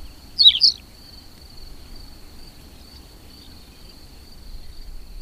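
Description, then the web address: Tawny pipit: one quick two-part chirping phrase early on, over a steady high tone and a low background rumble. "agykontroll Madardalok Cd 2. Parlagi pityer"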